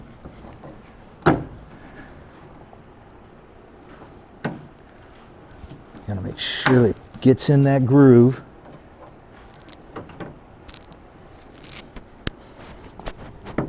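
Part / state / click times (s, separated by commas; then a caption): window belt seal clips into truck door / not seated / none. The window belt felt seal is being handled against the door channel of a 1967–72 Chevy or GMC pickup, its clips about to be pressed into the door. Sharp knocks and taps sound around 1.3, 4.5 and 12.3 seconds, and someone talks in the middle. None of the clips has snapped or seated in the door yet.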